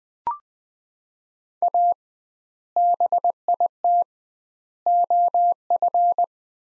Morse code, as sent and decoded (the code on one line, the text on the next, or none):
.- / -... .. - / --- ..-.
A BIT OF